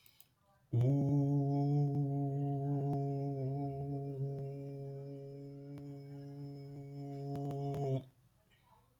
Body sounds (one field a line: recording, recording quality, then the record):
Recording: sustained vowel as in boot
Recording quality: excellent, no background noise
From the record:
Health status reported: healthy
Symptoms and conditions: none ticked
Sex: male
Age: 18 years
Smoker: not ticked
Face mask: not worn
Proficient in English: yes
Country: India